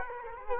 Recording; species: mosquito wingbeat signal from an infrared sensor; Culex quinquefasciatus